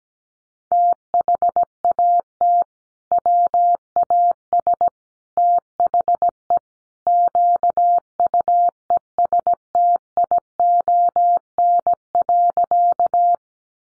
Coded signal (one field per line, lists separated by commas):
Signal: Morse code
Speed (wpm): 17 wpm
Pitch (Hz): 700 Hz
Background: none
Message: THAT WAS THE QUESTION.